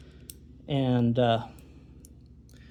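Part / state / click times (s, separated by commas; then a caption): pistol trigger bar into takedown lever slot / seated / 0.3 s. The back of a metal trigger bar on a P365 pistol, during a Tactical Trigger, LLC modular extended trigger kit install, is levered up and wedged into the small slot on the takedown lever at the front of the pistol frame. It pops into place with a sharp click at 0.3 s and is seated, then someone talks, followed by a few faint small clicks and handling sounds.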